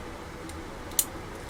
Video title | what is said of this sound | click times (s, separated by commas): Building the MG Sazabi "Ver Ka" by Bandai. Part 3. | bingo snaps into place just like that like it's supposed to | 1.0 s